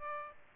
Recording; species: mosquito wingbeat signal from an infrared sensor; Aedes aegypti